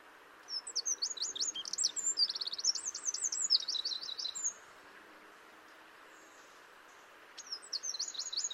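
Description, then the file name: Eurasian wren song: about four seconds of loud, high, tumbling notes and trills, a pause of nearly three seconds, then another brisk burst begins. "Troglodytes troglodytes"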